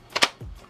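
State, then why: Seated. The plastic pump of a Nerf Elite 2.0 Echo CS-10 toy foam-dart blaster is racked fully until it catches its second safety notch. Two sharp clicks land close together at about 0.2 s and 0.2 s: first the original click, then a smaller click, followed by a low rumble. Together the clicks seat the pump slide in its latch and put the blaster in firing position.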